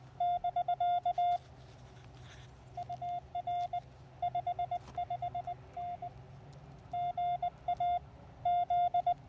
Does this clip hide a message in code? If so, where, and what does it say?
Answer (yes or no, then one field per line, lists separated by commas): yes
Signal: Morse code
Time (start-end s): 0.2-9.1 s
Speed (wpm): 18 wpm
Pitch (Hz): 700 Hz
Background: none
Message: <BK> UR 55N GA Z